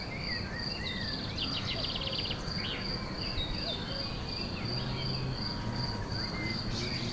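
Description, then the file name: Cricket gives a continuous high pulsed trill while several birds chirp and whistle intermittently over low background noise. Field recording with birds also calling, 14 May 2017, made on an MZ-N710 recorder. "Grillons oiseaux grenouilles la Plaine Tonique"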